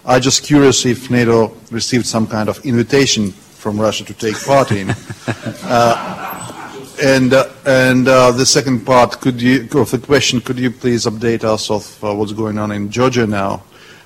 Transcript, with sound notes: I’m just curious if NATO received some kind of invitation from Russia to take part in?
(LAUGHTER)
And the second part of the question, could you please update us of what’s going on in Georgia now?